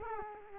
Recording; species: mosquito wingbeat signal from an infrared sensor; Culex quinquefasciatus